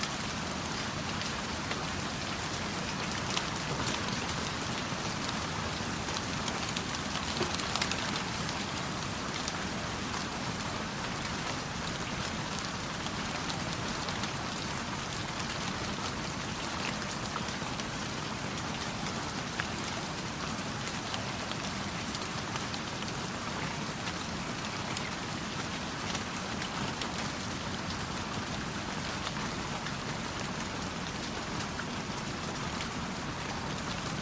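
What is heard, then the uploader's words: Steady rain falls throughout, a dense, even hiss of countless drops with a soft pattering texture on a surface. The sound stays constant in level from start to finish, with a low rumbling undertone and no distinct events standing out. Rainy Bliss: Experiencing the Serene Rain.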